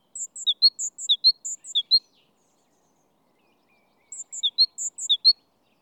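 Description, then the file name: Great tit calling with a rapid series of high, paired notes alternating high and lower, then a pause of about two seconds before a shorter burst of the same. "Parus major"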